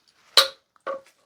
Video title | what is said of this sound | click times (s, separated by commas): Oil Change (2014 Honda Accord) | I heard the click, so that means I have achieved 30 ft lbs, so that is good to go. | 0.4 s